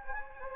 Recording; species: mosquito wingbeat signal from an infrared sensor; Anopheles gambiae